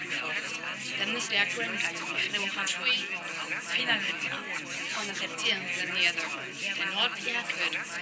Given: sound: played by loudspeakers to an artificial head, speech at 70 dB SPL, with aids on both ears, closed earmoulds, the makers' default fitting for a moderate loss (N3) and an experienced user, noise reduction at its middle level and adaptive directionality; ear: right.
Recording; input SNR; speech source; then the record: speech test signal (ISTS) in cocktail-party noise; -3 dB; in front (0 degrees)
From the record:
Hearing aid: class 2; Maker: G